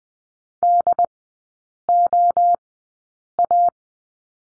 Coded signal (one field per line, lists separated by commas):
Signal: Morse code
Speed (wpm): 20 wpm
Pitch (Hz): 700 Hz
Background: none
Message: DOA